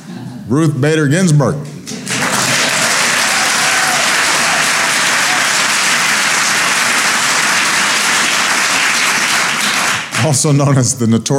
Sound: applause